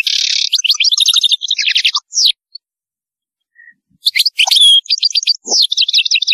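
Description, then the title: European goldfinch song opening with a buzzy note, then rapid tinkling twitters and trills, a brief pause, and more quick, varied twittering. "Chant Chardonneret"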